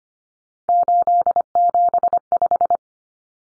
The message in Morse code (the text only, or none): 875